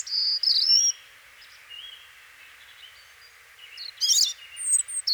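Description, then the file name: European robin calls, high thin whistled notes and squeaky chirps in two short bursts around a quiet middle. "Erithacus rubecula"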